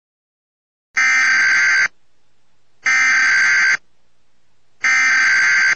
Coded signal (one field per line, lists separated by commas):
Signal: Emergency Alert System (SAME) tones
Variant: header bursts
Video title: Fake EAS Winter Storm/Tornado Warning Interrupts Cartoon Planet 1990's